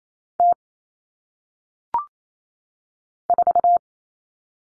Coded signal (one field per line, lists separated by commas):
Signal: Morse code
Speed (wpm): 28 wpm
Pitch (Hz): 700 Hz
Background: none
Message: T 4